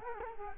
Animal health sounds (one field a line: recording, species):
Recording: mosquito wingbeat signal from an infrared sensor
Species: Culex quinquefasciatus